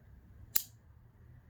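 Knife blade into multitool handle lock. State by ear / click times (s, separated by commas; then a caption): seated / 0.6 s. A knife blade on a folding metal Schrade multitool is swung open until its lock engages in the handle. A single sharp, bright click at 0.6 s stands out over a quiet low hum, confirming the blade is locked open.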